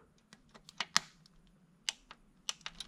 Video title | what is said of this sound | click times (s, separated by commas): JAK USZCZELNIĆ WTRYSKIWACZE 1.6 HDI TDCI. HOW TO SEAL INJECTORS 1.6 HDI TDCI. | już klucz nam kliknął tu | 1.0 s